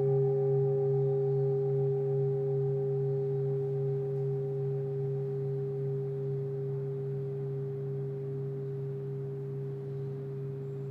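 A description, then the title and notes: Singing bowls ring out in a long, sustained drone, with a deep hum and a clear, steady tone above it. The low tone wavers and beats during the first couple of seconds, then the whole sound slowly fades without any new strikes. This is the first track I recorded of Vicky and Emma at Omoon Studio in Tsim Sha Tsui, HK. Emma journeys around the room and plays singing bowls or other sound instruments to each participant while Vicky creates the overall mood in the space from a stationary position.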